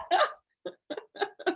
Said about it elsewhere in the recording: I'm struggling with hiccups suddenly. I'm trying my best to hide them, but I think I laugh too much.